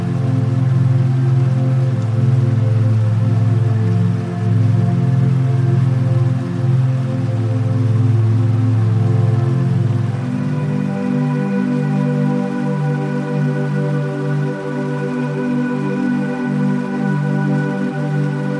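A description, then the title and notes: Soft, slow music with sustained low tones over a steady rush of flowing water; around ten seconds the chord shifts and brighter notes enter. Relaxing Music, River Flowing & Waterfall Sounds. The gentle melodies of relaxing music blend with the captivating symphony of a majestic waterfall and flowing river.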